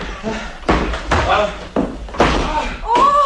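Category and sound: household object, door slamming shut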